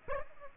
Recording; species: mosquito wingbeat signal from an infrared sensor; Aedes aegypti